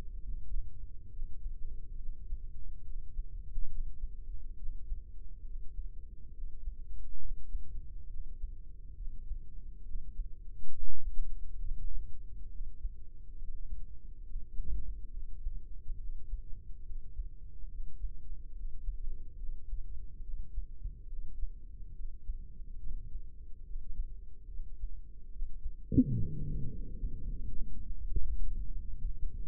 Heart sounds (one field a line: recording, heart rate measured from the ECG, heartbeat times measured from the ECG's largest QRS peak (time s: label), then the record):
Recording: heart sounds by microphone in the left ear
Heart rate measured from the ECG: 71 bpm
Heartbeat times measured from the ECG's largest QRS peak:
0.23 s: heartbeat
1.12 s: heartbeat
1.98 s: heartbeat
2.84 s: heartbeat
3.69 s: heartbeat
4.58 s: heartbeat
5.45 s: heartbeat
6.33 s: heartbeat
7.20 s: heartbeat
8.09 s: heartbeat
8.96 s: heartbeat
9.84 s: heartbeat
10.72 s: heartbeat
11.60 s: heartbeat
12.50 s: heartbeat
13.37 s: heartbeat
14.25 s: heartbeat
15.12 s: heartbeat
15.98 s: heartbeat
16.84 s: heartbeat
17.69 s: heartbeat
18.54 s: heartbeat
19.38 s: heartbeat
20.23 s: heartbeat
21.08 s: heartbeat
21.94 s: heartbeat
22.80 s: heartbeat
23.64 s: heartbeat
24.49 s: heartbeat
25.31 s: heartbeat
26.13 s: heartbeat
26.93 s: heartbeat
27.68 s: heartbeat
28.41 s: heartbeat
29.05 s: heartbeat
From the record:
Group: healthy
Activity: breath hold 0-28 s, rest 28-30 s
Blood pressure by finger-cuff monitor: 117/69 mmHg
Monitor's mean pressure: 83 mmHg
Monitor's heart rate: 70 bpm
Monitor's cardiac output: 5.9 L/min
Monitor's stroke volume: 85 mL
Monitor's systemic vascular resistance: 990 dyn s/cm5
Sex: female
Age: 22 years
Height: 160 cm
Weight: 63 kg